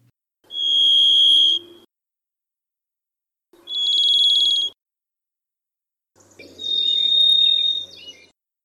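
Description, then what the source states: Varied thrush song: three long, ethereal whistled notes, each held for a second or two and separated by pauses of under two seconds. Also called Alaskan robin; beautiful, haunting sound; winters in the Pacific Northwest, heard singing in early morning for about three to four weeks before leaving for Alaska.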